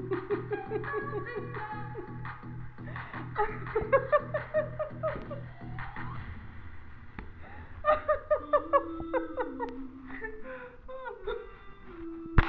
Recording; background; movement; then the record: laughter; music; sitting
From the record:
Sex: female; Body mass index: 21.8 kg/m2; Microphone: on the chest, facing the body